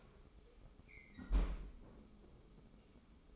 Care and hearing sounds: daily activity, microphone in the room; close fridge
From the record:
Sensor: 1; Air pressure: 995.3 hPa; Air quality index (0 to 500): 25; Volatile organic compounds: 0 ppm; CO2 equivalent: 501 ppm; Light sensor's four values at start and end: 18/61/22/24 and 19/61/22/24

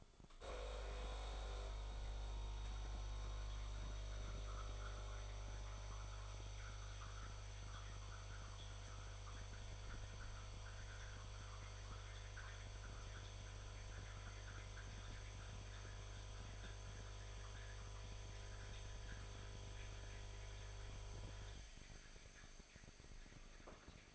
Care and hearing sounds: daily activity, microphone in the room; make coffee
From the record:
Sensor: 5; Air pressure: 1014.8 hPa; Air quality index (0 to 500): 200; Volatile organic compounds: 9 ppm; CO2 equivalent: 2132 ppm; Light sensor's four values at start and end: 17/40/16/14 and 17/40/16/14

